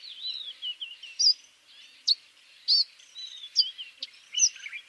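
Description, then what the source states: Eastern Violet-backed Sunbird: high thin twittering with sliding whistles and sharp chips, uneven in rhythm, over faint background hiss. Recorded in Tanzania, not far from Mount Kilimanjaro.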